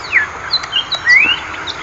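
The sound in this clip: Bird calls: short, thin whistled notes, several of them rising or sliding, scattered across two seconds with small gaps between them.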